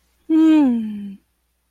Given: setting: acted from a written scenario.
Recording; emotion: vocal sound without words; contentment